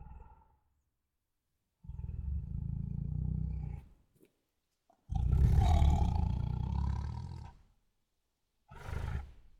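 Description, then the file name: Tiger producing deep, rough growling breaths in several bursts, the loudest in the middle lasting about two and a half seconds, with pauses between. Two tigers making many throaty breaths and growls. "Two Tigers Make Many Throaty Breaths and Growls [Sound Ideas]"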